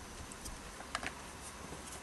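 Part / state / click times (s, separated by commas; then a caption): electrical wire into lamp holder (socket) terminal / seated / 0.9 s. A 1.5 mm² electrical wire is pushed into the push-in terminal of a plastic lamp holder. A small, sharp snap is heard at 0.9 s over a quiet background with faint ticks, and a softer click follows just after. The wire clips home and is seated, and the snap shows the connection is good.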